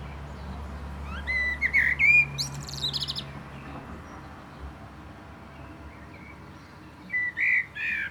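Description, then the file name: Common blackbird singing rich, fluty warbled phrases ending in high scratchy twitters, a second phrase starting after a pause, over a steady low hum. "Turdus merula"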